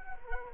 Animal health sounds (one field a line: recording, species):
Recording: mosquito wingbeat signal from an infrared sensor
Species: Culex quinquefasciatus